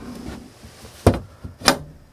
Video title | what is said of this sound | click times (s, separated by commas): Removable Bunk Bed Hammock for RV | Pops right in there | 1.1 s, 1.7 s